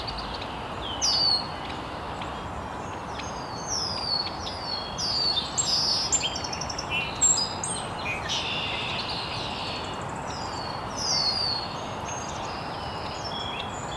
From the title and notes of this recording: Birds Chirping in the Early Morning. Original sounds of birds chirping very early in the morning in an estuary.